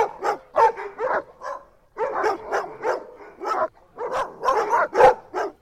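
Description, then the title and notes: Dogs barking in clustered bursts of harsh barks, a short lull at about two seconds, then more barks. Several dogs at Pontos, Girona, Spain. "perros de Pontos, Girona, Espania"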